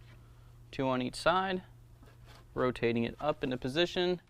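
A plastic front grille for a 2017 Ram 1500 is lined up on its four locating pins, two on each side of the bumper/body, and rotated up into position while someone talks over a steady low hum. The grille is being handled and pushed toward place, but nothing has seated or clicked yet.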